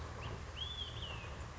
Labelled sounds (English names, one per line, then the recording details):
Olive-sided Flycatcher
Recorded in Sonoma County, California